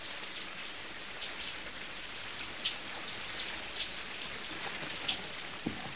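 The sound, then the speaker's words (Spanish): Steady rain falls in a continuous hiss, with scattered sharper drops tapping through the wash at irregular moments. No voices are heard. “Y con esta lluvia no hay manera de que alguien me lleve.”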